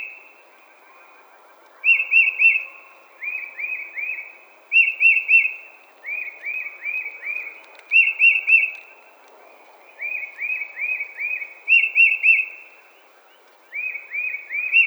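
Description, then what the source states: Tufted titmouse repeating short whistled downslurred notes in rapid clusters, with a fresh run arriving every couple of seconds over a quiet background. Recorded 20 March 2007.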